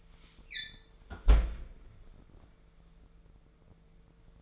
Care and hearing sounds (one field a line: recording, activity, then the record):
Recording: daily activity, microphone in the room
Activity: close fridge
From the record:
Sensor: 5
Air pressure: 1014.9 hPa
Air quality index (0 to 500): 176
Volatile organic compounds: 6 ppm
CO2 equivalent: 1941 ppm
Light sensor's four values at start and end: 77/182/78/86 and 80/186/81/90